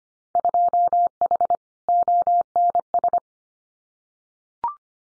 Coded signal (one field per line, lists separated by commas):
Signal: Morse code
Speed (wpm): 25 wpm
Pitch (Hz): 700 Hz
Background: none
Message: 2H ONS